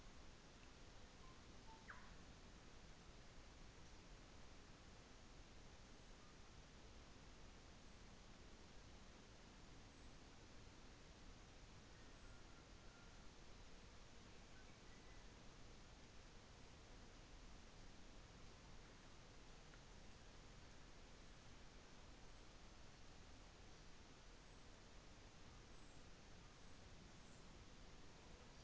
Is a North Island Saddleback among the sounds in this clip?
no